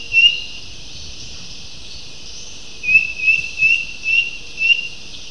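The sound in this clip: Bird giving a short high chirp, then a run of five quick chirps about every half second, over a steady high hiss.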